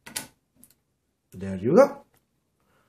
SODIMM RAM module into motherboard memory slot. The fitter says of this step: and then you push down gently but firmly until you hear a click there